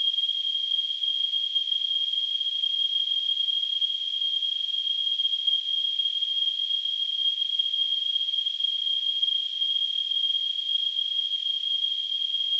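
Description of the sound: Simulated tinnitus: a steady, continuous high-pitched tone near 3 kHz with a faint hiss spread above it. It holds at a constant level throughout, with no low-frequency content.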